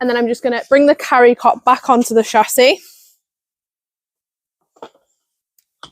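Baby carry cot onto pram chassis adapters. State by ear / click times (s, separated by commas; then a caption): seated / 5.6 s, 5.8 s. A baby carry cot is lowered back onto a pram chassis, onto plastic height-elevator adapters. Someone talks for the first three seconds, then after a quiet pause there is a soft handling knock around 4.8 s. The cot latches with clicks at 5.6 and 5.8 s, fully secured.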